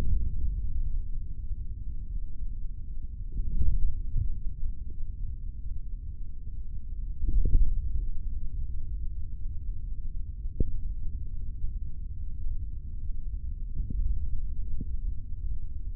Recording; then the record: forearm muscle sounds (acoustic myography)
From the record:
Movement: index flexion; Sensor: system 3, bracelet of six PUI Audio POM-2738L microphones around the upper forearm, with dedicated amplification and filtering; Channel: 1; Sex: male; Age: 25 years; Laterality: right